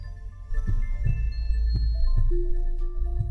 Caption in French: Les battements de cœur.